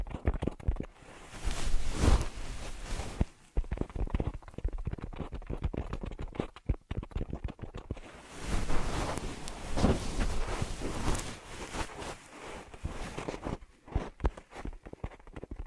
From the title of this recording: Ear Massage Triggers